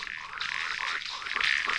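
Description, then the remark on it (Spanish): Toads splash in a puddle, a steady stream of wet, bright sloshing and patters that holds an even loudness throughout, with faint croak-like textures woven in and no voices. “El chapoteo de los sapos en un charco.”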